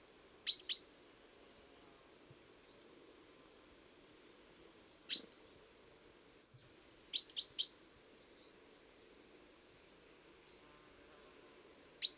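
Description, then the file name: Great tit giving high thin notes followed by sharp ticking elements, phrases repeated several times, over a soft low background rumble. "Parus major"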